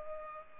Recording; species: mosquito wingbeat signal from an infrared sensor; Culex pipiens